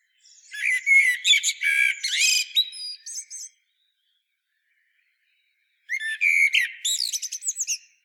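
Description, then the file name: Common blackbird singing two long phrases packed with fast whistles and harsh high twitters, separated by silence of over two seconds. "Turdus merula"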